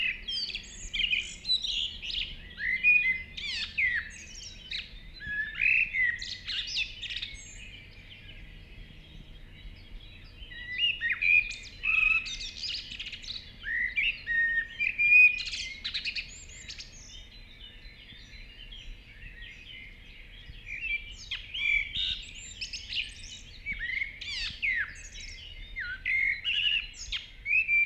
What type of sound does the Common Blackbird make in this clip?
song